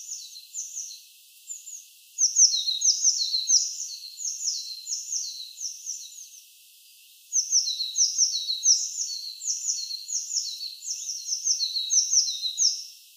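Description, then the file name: Eurasian blue tit calling in rapid runs of short, high, down-slurred notes, chattering in two long bursts separated by a brief pause. "Cyanistes caeruleus"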